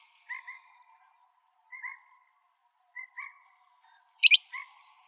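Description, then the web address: Parrot call: a single harsh doubled screech late, following several soft paired tonal notes. "Parrots AZFO deviche"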